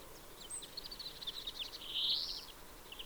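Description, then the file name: European greenfinch calling with a quick run of twittering notes that leads into a long wheezy buzz, set against constant low background noise. "Chloris chloris"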